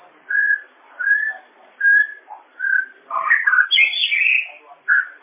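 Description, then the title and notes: Bird song: clear whistled notes repeated about once a second, then a busier burst of rising and falling whistles, with one more whistle at the close. "Bird Sound. Kicau Burung Lengkap"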